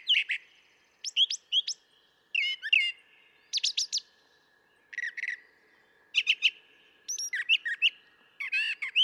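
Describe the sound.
Brown thrasher song of doubled phrases, mixing raspy chips, trills and whistles in a varied sequence, with short pauses between.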